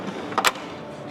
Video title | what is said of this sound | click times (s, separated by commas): 8 Tools That Impressed Me at STAFDA 2024 - Nashville Conference Recap | Lock them back in, and they snap right in. | 0.4 s